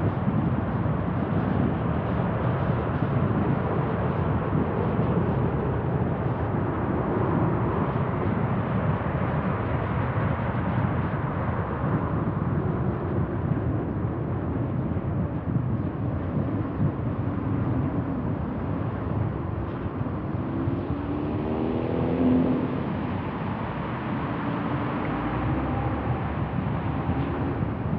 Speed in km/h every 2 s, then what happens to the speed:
44, 43, 43, 40, 37, 33, 28, 27, 23, 20, 20, 23, 29, 34.
0-5 steady at about 43. 5-18 slows to 20. 21-28 speeds up to 34.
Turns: none.